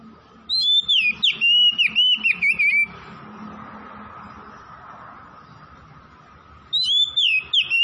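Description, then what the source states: Oriental magpie-robin, song of fast looping whistles and warbles, then a long quiet gap with a faint hum before another whistled burst. Kacer from Tretes singing vigorously (gacor).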